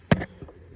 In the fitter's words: your linkages make sure that's snapped been place for your 4x4 shifter linkage